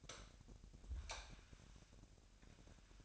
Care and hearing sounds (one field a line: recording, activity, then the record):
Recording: daily activity, microphone in the room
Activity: light off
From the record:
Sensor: 2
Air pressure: 1011.8 hPa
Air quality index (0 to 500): 214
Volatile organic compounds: 3 ppm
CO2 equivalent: 1507 ppm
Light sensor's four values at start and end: 16/44/18/18 and 12/27/12/12